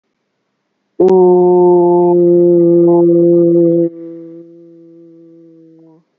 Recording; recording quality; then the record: sustained vowel as in boot; excellent, no background noise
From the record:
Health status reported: healthy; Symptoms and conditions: muscle pain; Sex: male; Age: 24 years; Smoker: not ticked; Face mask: worn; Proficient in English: yes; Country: India